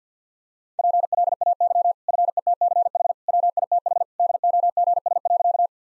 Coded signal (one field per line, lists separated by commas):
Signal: Morse code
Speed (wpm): 48 wpm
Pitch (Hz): 700 Hz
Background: none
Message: PLAY FETCH WITH DOGS.